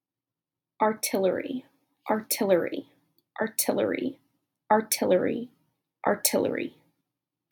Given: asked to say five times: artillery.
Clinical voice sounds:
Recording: repeated word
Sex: female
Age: 20 to 29 years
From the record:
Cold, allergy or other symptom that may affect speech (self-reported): no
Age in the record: 22 years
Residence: Alabama, United States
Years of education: 14

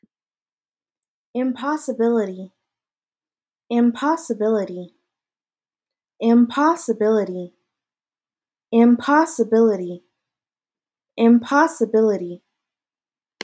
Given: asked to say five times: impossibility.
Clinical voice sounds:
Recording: repeated word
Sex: female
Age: 20 to 29 years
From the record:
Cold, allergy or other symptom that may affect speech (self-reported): no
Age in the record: 25 years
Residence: California, United States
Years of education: 16

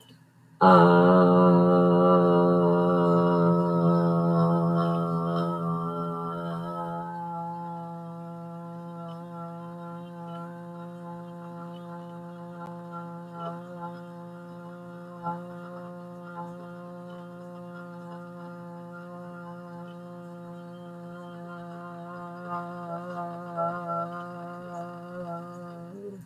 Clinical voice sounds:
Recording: vowel held as long as possible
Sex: female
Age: 60 to 69 years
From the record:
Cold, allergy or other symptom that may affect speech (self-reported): no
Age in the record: 62 years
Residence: Michigan, United States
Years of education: 13

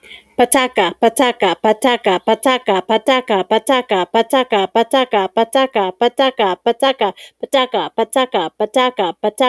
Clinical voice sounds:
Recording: repeated syllables /pa ta ka/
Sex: female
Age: 30 to 39 years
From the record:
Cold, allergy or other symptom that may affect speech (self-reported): no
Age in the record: 36 years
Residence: New Mexico, United States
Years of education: 14

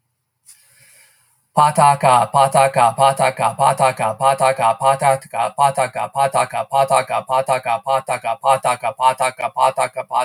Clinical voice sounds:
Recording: repeated syllables /pa ta ka/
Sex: male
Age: 50 to 59 years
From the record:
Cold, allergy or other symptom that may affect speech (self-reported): no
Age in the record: 53 years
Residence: Arkansas, United States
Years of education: 19

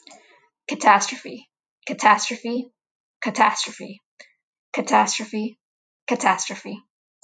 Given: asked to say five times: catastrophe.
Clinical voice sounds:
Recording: repeated word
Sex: female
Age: 20 to 29 years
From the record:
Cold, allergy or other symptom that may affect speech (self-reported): no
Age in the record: 28 years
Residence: California, United States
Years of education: 16

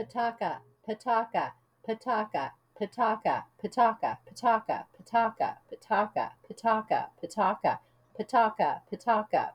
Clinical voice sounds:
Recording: repeated syllables /pa ta ka/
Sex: female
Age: 50 to 59 years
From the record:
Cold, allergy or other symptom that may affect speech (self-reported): no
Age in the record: 57 years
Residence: Arizona, United States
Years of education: 14

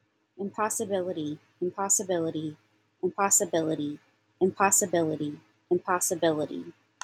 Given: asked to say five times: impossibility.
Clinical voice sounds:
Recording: repeated word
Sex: female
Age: 30 to 39 years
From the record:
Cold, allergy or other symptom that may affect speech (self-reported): no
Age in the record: 38 years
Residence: New York, United States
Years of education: 20

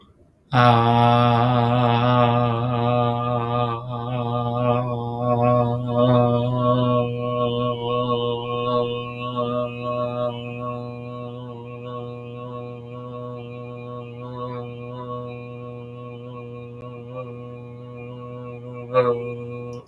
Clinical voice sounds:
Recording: vowel held as long as possible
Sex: male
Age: 20 to 29 years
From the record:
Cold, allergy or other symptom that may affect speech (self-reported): no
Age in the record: 28 years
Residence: Connecticut, United States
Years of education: 20

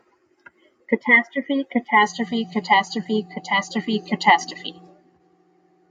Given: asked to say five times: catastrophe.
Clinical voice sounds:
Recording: repeated word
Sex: female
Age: 30 to 39 years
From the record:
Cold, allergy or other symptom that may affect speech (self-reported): no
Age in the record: 36 years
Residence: Arizona, United States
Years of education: 21

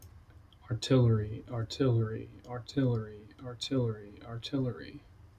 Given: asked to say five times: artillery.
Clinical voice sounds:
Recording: repeated word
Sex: male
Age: 30 to 39 years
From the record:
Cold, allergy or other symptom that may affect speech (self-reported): no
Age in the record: 30 years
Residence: Virginia, United States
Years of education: 18

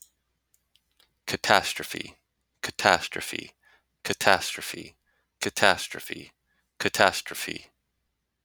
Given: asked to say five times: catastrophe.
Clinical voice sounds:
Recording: repeated word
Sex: male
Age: 20 to 29 years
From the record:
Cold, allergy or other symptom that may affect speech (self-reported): no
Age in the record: 26 years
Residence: Florida, United States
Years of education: 16

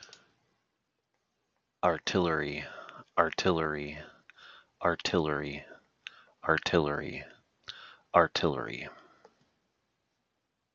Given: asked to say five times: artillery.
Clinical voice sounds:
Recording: repeated word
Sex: male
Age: 40 to 49 years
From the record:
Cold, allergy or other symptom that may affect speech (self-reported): no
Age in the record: 47 years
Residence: Michigan, United States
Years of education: 12

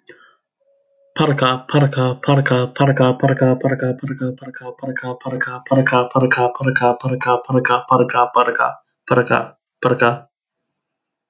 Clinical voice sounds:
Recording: repeated syllables /pa ta ka/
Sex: male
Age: 20 to 29 years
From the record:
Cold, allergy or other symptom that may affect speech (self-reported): no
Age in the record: 24 years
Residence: Illinois, United States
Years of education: 12

